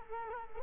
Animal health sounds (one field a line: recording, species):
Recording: mosquito wingbeat signal from an infrared sensor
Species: Culex quinquefasciatus